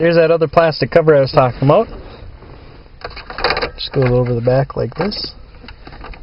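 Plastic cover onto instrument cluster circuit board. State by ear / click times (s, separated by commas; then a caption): seated / 5.7 s, 5.9 s, 6.1 s. A plastic cover is fitted over the back of a GM instrument cluster circuit board and pressed on while someone talks. Its plastic clips snap over the board with sharp clicks at 5.7, 5.9 and 6.1 seconds, and the cover is seated in place.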